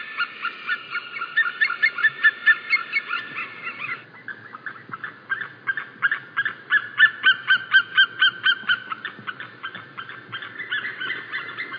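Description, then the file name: White-tailed eagle giving a rapid series of barking yelps, a brief lull, then a second series of sharp repeated notes. "Havørn"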